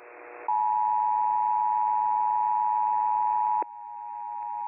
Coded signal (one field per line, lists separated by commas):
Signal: Emergency Alert System (SAME) tones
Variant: 853 and 960 Hz attention tone